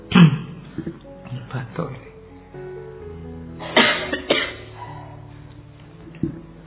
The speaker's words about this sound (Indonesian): Ayo lomba batuk.